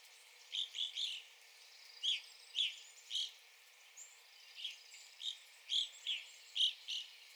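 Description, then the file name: Evening grosbeak calls, quick bursts of short clear notes, some doubled or tripled, coming in uneven groups. Recorded 9 April 2021. "2021-04-09 Evening Grosbeak"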